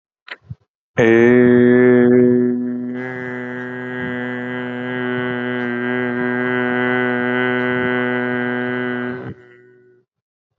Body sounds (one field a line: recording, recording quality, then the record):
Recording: sustained vowel as in made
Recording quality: excellent, no background noise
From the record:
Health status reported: respiratory illness, not identified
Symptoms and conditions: asthma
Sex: male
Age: 30 years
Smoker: yes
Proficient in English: yes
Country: India